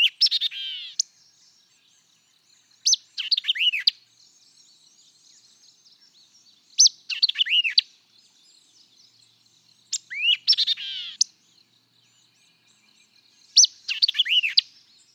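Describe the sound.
White-eyed vireo repeating a short, jumbled phrase of sharp chips and quick slurred whistles, five songs with pauses between.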